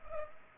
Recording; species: mosquito wingbeat signal from an infrared sensor; Culex pipiens